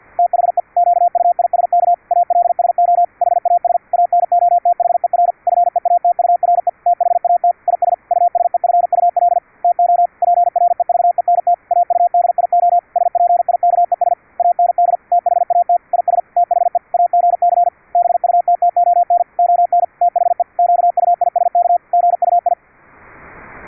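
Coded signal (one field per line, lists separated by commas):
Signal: Morse code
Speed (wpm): 50 wpm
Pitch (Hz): 700 Hz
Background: radio noise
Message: THE QUISK ALSO HAS ANOTHER FEATURE THAT IS USEFUL TO PREVENT AUDIO SPIKES AND THAT IS THE AGC BUTTON ON THE QUISK GUI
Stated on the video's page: CW sent over internet on a Mumble server at simulated 10 kHz VLF, received with QUISK SDR using adjustable pitch, AGC and CW bandpass filters.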